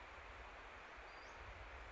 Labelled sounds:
Western Flycatcher
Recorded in Sonoma County, California

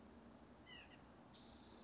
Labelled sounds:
White-breasted Nuthatch
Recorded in Sonoma County, California

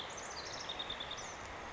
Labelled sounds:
House Wren
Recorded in Sonoma County, California

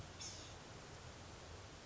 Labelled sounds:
Blue-gray Gnatcatcher
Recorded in Sonoma County, California

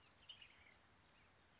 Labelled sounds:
Blue-gray Gnatcatcher
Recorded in Sonoma County, California

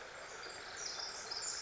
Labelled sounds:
Pacific Wren
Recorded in Sonoma County, California

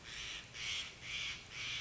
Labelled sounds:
Steller's Jay
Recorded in Sonoma County, California

